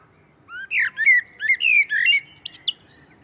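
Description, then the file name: Common blackbird giving one rich, fluted warbling phrase of quick slurred whistles, finishing in a few high squeaky notes. "Turdus merula"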